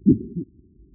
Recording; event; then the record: neck accelerometer signal played as sound; voluntary cough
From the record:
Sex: male